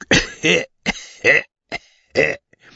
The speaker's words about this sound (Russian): И старшина деликатненько закашлял.